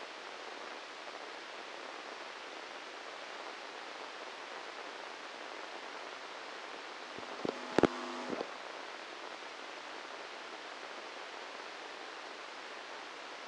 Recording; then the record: brain microelectrode recording played as sound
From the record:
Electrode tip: inside the subthalamic nucleus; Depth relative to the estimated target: -2 mm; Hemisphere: left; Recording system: NeuroSet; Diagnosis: Parkinson's disease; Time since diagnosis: 10 years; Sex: male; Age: 56 years